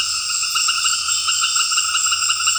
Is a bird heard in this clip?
no